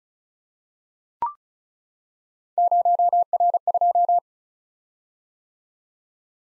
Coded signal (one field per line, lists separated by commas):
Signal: Morse code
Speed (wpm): 36 wpm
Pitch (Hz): 700 Hz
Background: none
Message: 0R2